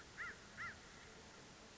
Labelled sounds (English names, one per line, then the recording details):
American Crow
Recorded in Sonoma County, California